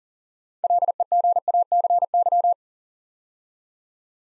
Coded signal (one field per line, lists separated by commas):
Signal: Morse code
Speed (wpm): 38 wpm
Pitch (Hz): 700 Hz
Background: none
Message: LEGACY